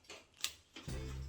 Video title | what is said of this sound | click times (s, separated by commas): 벽수전을 입수전으로 바꾸는법, 주철관이보인다 | When you press it again, it makes a clicking sound. Then it went in properly . | 0.4 s